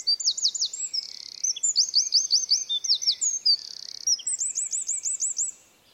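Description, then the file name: Eurasian wren pouring out a high, hurried song of rattling trills and sharp notes for about five seconds before falling silent. "Troglodytes troglodytes"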